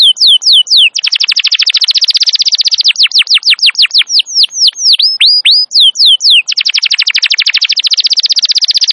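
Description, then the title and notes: Canary song: a few downslurred whistles, a long rapid trill, a series of swooping whistled notes, then another fast rolling trill. Wild canary song used as a master recording for luring and training canaries; described as a long, highly active singer. "Pikat Kenari GACOR PANJANG INI Cocok Untuk Masteran KENARI LIAR. Masteran burung kenari gacor parah"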